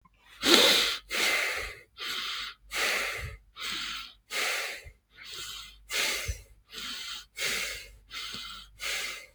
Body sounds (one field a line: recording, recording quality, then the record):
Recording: shallow breathing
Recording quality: excellent, no background noise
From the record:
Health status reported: healthy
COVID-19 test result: not tested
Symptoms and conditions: none ticked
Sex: male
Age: 29 years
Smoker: not ticked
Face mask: not worn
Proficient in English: yes